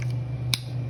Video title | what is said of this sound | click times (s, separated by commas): Pull the Dot Confusions - Knife Sheath Explained | and it clicks in uh to me that's super important | 0.5 s